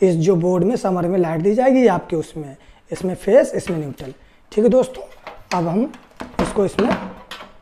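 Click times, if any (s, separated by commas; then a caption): none. A run capacitor is being fitted into its holder (stand/clamp) inside a submersible pump starter box while someone talks, with a brief sharp handling sound near 7.3 s. The part has not seated or clicked into place yet.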